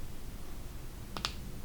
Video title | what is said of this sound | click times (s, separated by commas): Wicked Watch Co. Swiss Made Bronze Pearl Diver w/ A WICKED Price Tag! | see i heard two clicks but okay here's i think the first click | 1.2 s, 1.3 s